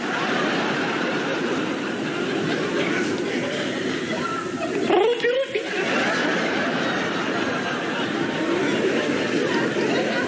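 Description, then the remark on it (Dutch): A human voice imitates the call of the white Roepie Roepie, a fictional bird invented by Toon Hermans: a dense, continuous chattering warble, steady and fairly loud, with one brief rising whistle-like sweep partway through. “Vervolgens hoort u een imitatie van de witte Roepie Roepie.”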